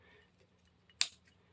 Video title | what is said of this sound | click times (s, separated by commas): Rewiring a Hair Pin Lamp Cluster in the Secret Underground Laboratory Recvery And Salvage | You hear that final snap, that's when it's right. | 1.0 s